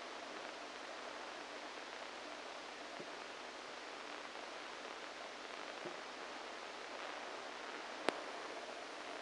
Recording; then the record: brain microelectrode recording played as sound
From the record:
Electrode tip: inside the subthalamic nucleus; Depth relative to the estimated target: 1 mm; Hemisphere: right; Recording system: NeuroSet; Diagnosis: Parkinson's disease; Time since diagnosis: 14 years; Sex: male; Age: 51 years